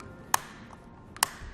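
Yakima's included torque-limiting tool tightens the bolt that clamps a JetStream aluminum crossbar to a Skyline roof rack tower on a 2019 Chevrolet Suburban. Over quiet low rumble, two sharp, bright clicks ring out at 0.3 s and 1.2 s, the second preceded by a faint tick, as the tool reaches its torque setting.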